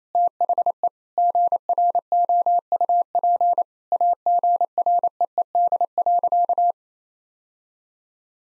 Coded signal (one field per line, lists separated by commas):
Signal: Morse code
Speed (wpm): 27 wpm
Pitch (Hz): 700 Hz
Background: none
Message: THE GROUP AGREED.